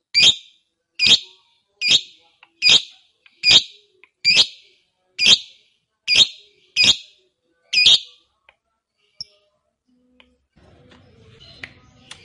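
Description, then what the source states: Lovebird calls, ten sharp harsh chirps roughly evenly spaced under a second apart, followed by near silence and faint low rumbling. Fighter lovebird, singing energetically (gacor).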